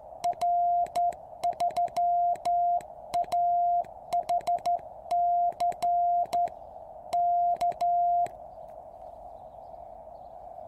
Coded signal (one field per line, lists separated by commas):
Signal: Morse code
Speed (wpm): 13 wpm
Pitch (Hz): 700 Hz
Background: music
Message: R3AHC K